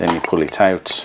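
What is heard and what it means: Someone talks while handling the aperture selector tab on a Kodak No. 2 Hawkette, an old Art Deco box camera, as the tab is pulled out toward its next aperture detent. The clip ends before the tab reaches it, so nothing has clicked or seated yet.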